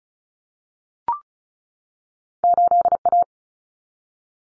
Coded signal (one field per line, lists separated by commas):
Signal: Morse code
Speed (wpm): 34 wpm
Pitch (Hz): 700 Hz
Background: none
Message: 8A